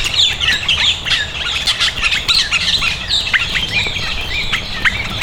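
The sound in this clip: Bird calls, a dense flurry of sharp high chirps and squeaky notes throughout, with a faint low rumble beneath.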